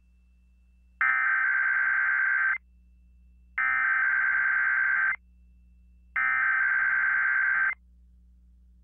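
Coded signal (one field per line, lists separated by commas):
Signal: Emergency Alert System (SAME) tones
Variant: header bursts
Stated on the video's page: Joke EAS test, not a real alert.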